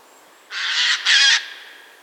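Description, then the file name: Eurasian jay giving a harsh, rasping screech in two quick back-to-back bursts, broad and noisy, lasting under a second in total against a quiet background. "Garrulus glandarius"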